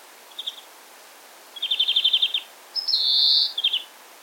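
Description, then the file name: European greenfinch singing a short note, a rapid rattling trill, then a drawn-out nasal wheeze ending in a brief trill. "Chloris chloris"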